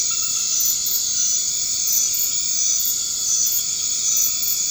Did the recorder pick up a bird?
no